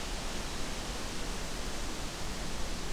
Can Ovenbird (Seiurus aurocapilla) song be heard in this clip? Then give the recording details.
no. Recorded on 23 June 2016 at 08:15. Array SBT-6-76